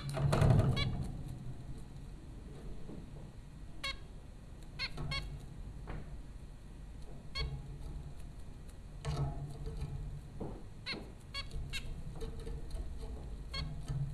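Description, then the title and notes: Zebra finches calling with brief nasal beeps at irregular intervals, a few louder bursts among quieter notes, with a constant low hum beneath. Zebra finches at Popcorn School, Flatbush, Brooklyn, New York, April 15, 2009. "Dronecast: The Popcorn Finches Four from Apr 15, 2009. Zebra finches recorded by Dan Bodah at Popcorn School, Flatbush, Brooklyn NY in April 2009"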